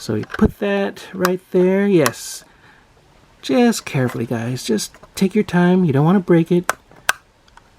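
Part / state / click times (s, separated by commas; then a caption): plastic easel section into the easel frame of a figure accessory / seated / 7.1 s. A plastic easel section is fitted into the easel frame of an action figure accessory while someone talks, urging care so it doesn't break. A sharp snap at 7.1 s marks the piece seating into place, and the part is treated as assembled.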